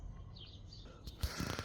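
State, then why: Seated. Both hands push a replacement electronic load detector assembly into the under-hood fuse box of a 2006–2011 Honda Civic. After low background noise, there's a sharp snap at 1.2 s and another at 1.5 s. The assembly seats in place.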